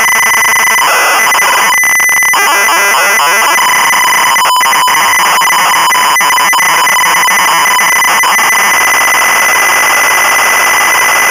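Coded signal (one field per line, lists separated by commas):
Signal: ZX Spectrum tape loading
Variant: Sinclair ZX Spectrum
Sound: continuous harsh, screeching, buzzing data warble with rapidly alternating tones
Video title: The Trap Door (1986) - Sinclair ZX Spectrum (Full Tape Rip / Cassette Load)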